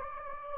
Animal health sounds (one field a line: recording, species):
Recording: mosquito wingbeat signal from an infrared sensor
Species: Anopheles gambiae